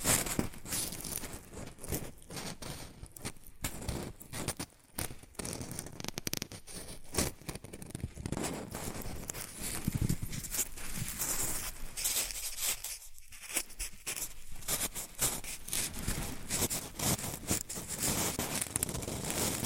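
Shredded tissue and packing peanuts are rustled and crinkled without pause for the whole stretch, a dense, bright scratching full of quick crackles and soft tearing. The handling comes in uneven surges, with brief thin spots near five and thirteen seconds before picking up again.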